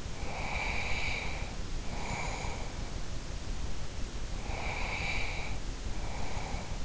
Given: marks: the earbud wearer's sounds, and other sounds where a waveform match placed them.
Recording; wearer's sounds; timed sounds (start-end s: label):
sounds in sleep by an in-ear microphone; breath
0.16-2.96 s: breath
4.40-6.85 s: breath